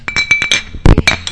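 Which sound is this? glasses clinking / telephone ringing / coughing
glasses clinking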